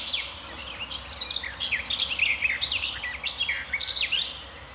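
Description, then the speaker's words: Garden warbler song, a rapid, continuous babbling warble of short varied notes. Singing at the edge of an anthill in a hollow with a hornbeam in the middle, in warm golden sunlight; a gently babbling song that stays within a fairly narrow pitch range. "Da singt doch Tatsache am Rande des Ameisenhügels eine Gartengrasmücke."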